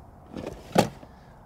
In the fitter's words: that click is actually this cover right on top closing